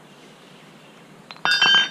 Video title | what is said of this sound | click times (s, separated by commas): E22 Anchors Points for Rope Rescue | rotate it until that locks and until that pin locks in place okay | 1.4 s